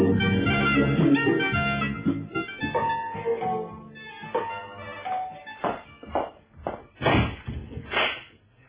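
A door bangs and thumps in a series of loud, sharp knocks toward the end as a visitor arrives at the door, following a stretch of dense, murky background sound, in a radio broadcast of the general program from Cairo, March 2009.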